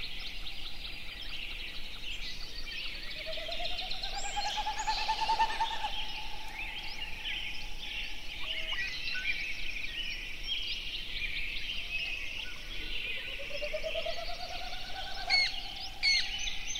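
Snipe, a vibrating hum climbing in pitch, heard twice with a pause between, over a dense wash of high background sound.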